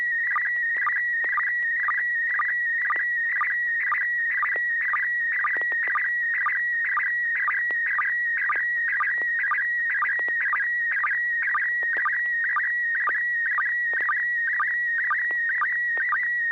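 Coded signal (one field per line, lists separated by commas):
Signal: SSTV (slow-scan television)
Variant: PD120 mode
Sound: warbling whistle near 1.9 kHz with rhythmic low chirps twice per second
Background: low steady hum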